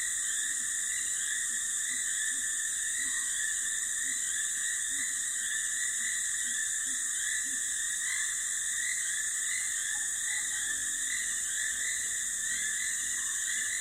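Dense insect and frog chorus along a dry stretch of the Limpopo River early in the rainy season. Steady shrill bands hold unchanged throughout, with softer pulsing calls below. A brief whistle-like note sounds around ten seconds.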